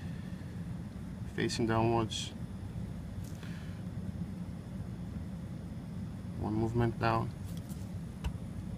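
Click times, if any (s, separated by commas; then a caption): 8.2 s. A membrane holder is pushed down in one movement onto a polarographic oxygen sensor electrode filled with KCl electrolyte. Someone talks over a steady low background hum, and a little click sounds at 8.3 seconds as the holder seats in place, completing the electrode assembly.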